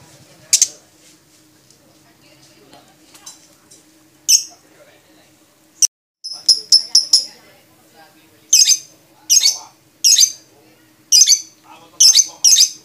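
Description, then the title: Lovebird giving shrill, scratchy high bursts, scattered at first, then a run of loud sharp squeaks about once a second near the end, over a steady low hum. Champion lovebird with a clear voice; a 'masteran' recording of birdsong used to train other songbirds. "Kicau Suara Burung Lovebird Juara Suara Bening"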